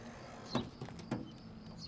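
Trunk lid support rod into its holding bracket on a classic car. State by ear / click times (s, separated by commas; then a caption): seated / 0.5 s. The trunk lid support pole on a 1950 Ford Custom Coupe is raised after the trunk is popped open and set into its holding bracket, locking into place with a sharp click at 0.6 s. A few fainter knocks follow near 0.9, 1.0 and 1.1 s, and the rod stays seated, holding the lid up.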